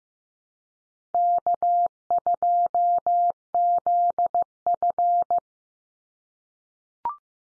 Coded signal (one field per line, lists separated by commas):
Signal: Morse code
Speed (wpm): 15 wpm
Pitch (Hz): 700 Hz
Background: none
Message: K2ZF